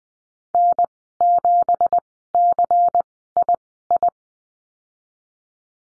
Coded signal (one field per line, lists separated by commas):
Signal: Morse code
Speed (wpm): 20 wpm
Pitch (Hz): 700 Hz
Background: none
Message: N7CII